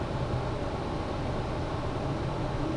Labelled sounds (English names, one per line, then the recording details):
none
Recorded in Germany
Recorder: ecoPi